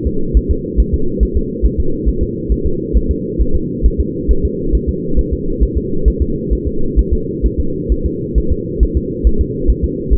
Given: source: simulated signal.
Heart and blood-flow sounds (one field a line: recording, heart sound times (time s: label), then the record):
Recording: fetal heart sounds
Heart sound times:
0.07 s: S2
0.37 s: S1
0.51 s: S2
0.80 s: S1
0.94 s: S2
1.23 s: S1
1.37 s: S2
1.66 s: S1
1.80 s: S2
2.09 s: S1
2.23 s: S2
2.52 s: S1
2.66 s: S2
2.97 s: S1
3.11 s: S2
3.41 s: S1
3.56 s: S2
3.86 s: S1
4.00 s: S2
4.31 s: S1
4.45 s: S2
4.75 s: S1
4.89 s: S2
5.19 s: S1
5.33 s: S2
5.63 s: S1
5.77 s: S2
6.08 s: S1
6.22 s: S2
6.53 s: S1
6.67 s: S2
6.99 s: S1
7.13 s: S2
7.46 s: S1
7.60 s: S2
7.92 s: S1
8.06 s: S2
8.38 s: S1
8.52 s: S2
8.83 s: S1
8.97 s: S2
9.27 s: S1
9.41 s: S2
9.70 s: S1
9.84 s: S2
10.13 s: S1
From the record:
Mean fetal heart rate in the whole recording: 135 bpm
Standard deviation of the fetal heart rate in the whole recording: 3 bpm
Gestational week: 34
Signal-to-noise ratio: -8.1 dB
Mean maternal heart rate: 72 bpm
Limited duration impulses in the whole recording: absent